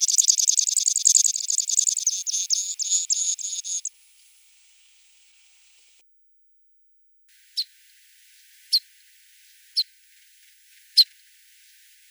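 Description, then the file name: Pechora pipit song: a dry, buzzy rattling trill lasting about four seconds, then silence, followed by four or five sharp, isolated high clicks spaced roughly a second apart. "konek sibirskiy golos"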